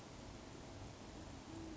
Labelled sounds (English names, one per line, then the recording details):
Band-tailed Pigeon
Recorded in Sonoma County, California